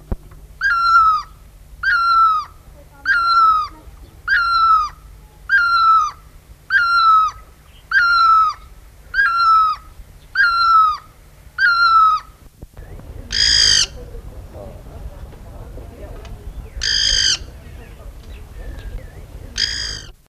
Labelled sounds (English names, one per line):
Great Barbet call